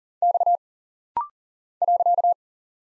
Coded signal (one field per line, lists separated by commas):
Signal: Morse code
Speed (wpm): 40 wpm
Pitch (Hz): 700 Hz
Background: none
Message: X .